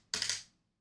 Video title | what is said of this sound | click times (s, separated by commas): New Finds and Favorites | all of a sudden it's now clicking like it should be and it's locking in place | 0.1 s